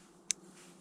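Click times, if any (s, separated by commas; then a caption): 0.3 s. A Benchmade Mini Adamas folding knife has its steel blade flicked open in its handle. The axis lock engages on the blade tang with a single sharp, bright click at 0.3 seconds, and the lock is seated.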